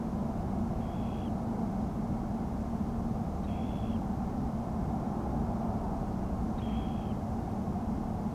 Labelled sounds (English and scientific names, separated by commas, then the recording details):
Dunlin (Calidris alpina)
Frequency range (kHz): Dunlin (Calidris alpina) 2.2-4.4 kHz
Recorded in France